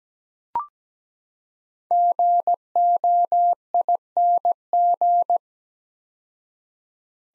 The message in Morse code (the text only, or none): GOING